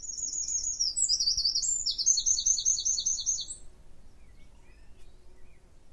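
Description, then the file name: Eurasian wren song, a rapid, high, buzzy trill sequence lasting under four seconds, then fading to quiet background. "Troglodytes troglodytes"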